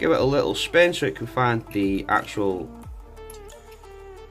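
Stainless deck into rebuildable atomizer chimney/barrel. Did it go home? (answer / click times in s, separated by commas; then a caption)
yes / 3.3 s. A stainless metal build deck of a rebuildable vape tank atomizer is dropped into the chimney barrel and given a little spin so its slots find the posts, while someone talks. At 3.3 s it drops and locks into place with a short metallic click, and the deck is seated.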